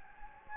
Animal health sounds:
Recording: mosquito wingbeat signal from an infrared sensor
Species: Anopheles gambiae

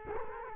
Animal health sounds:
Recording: mosquito wingbeat signal from an infrared sensor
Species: Culex quinquefasciatus

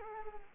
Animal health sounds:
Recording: mosquito wingbeat signal from an infrared sensor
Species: Culex quinquefasciatus

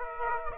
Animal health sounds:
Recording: mosquito wingbeat signal from an infrared sensor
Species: Aedes aegypti

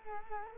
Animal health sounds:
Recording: mosquito wingbeat signal from an infrared sensor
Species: Culex quinquefasciatus

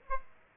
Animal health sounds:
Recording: mosquito wingbeat signal from an infrared sensor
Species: Aedes aegypti

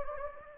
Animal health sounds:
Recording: mosquito wingbeat signal from an infrared sensor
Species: Anopheles gambiae

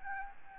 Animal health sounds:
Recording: mosquito wingbeat signal from an infrared sensor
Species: Aedes albopictus

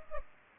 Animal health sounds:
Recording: mosquito wingbeat signal from an infrared sensor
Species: Culex pipiens

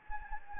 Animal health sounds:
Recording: mosquito wingbeat signal from an infrared sensor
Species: Anopheles gambiae

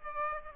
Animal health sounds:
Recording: mosquito wingbeat signal from an infrared sensor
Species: Aedes aegypti

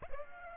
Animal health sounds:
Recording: mosquito wingbeat signal from an infrared sensor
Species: Aedes aegypti

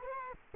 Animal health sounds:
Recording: mosquito wingbeat signal from an infrared sensor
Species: Culex quinquefasciatus

